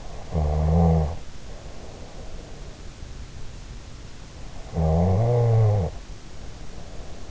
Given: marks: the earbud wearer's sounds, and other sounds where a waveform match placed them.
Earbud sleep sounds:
sounds in sleep by an in-ear microphone; snoring breath
0.10-2.75 s: snoring breath
4.63-7.31 s: snoring breath

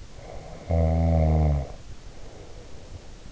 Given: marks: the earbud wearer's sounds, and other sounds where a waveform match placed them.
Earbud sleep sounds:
sounds in sleep by an in-ear microphone; snoring breath
0.02-3.31 s: snoring breath

